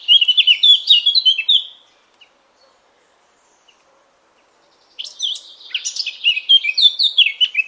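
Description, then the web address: Eurasian blackcap warbling song, a burst of fluty phrases for about two seconds, a pause of near silence, then another varied scratchy and whistled verse. "cianscape birddata Deverinetal 2025"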